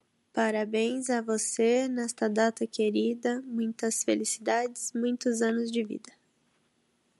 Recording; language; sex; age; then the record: short text; Brazilian Portuguese; female; 20 to 29 years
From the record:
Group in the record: control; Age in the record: 28 years